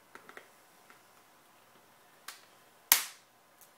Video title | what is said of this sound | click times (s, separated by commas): Screen Replacement Nexus 7 2nd Gen 2013 HD | just snaps back into place percent | 2.9 s